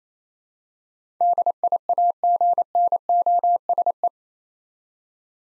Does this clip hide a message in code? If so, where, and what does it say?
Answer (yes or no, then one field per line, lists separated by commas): yes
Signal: Morse code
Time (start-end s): 1.2-4.1 s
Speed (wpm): 28 wpm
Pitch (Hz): 700 Hz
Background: none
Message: DIAGNOSE